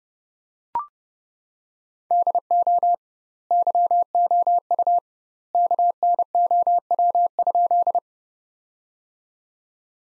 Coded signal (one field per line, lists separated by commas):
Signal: Morse code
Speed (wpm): 30 wpm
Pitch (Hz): 700 Hz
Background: none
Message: DO YOU KNOW?